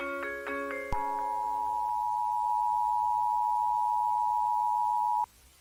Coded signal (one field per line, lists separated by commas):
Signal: Emergency Alert System (SAME) tones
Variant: 853 and 960 Hz attention tone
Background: music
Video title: [EAS Scenario] State of Emergency - (Unreviewed Version)